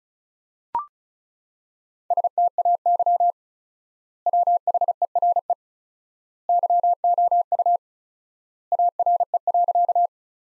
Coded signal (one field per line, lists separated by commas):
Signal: Morse code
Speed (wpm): 36 wpm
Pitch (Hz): 700 Hz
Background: none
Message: STAY WHERE YOU ARE.